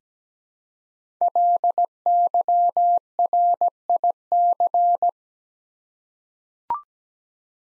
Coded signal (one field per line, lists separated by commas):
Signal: Morse code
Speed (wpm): 17 wpm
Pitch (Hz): 700 Hz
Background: none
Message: LYRIC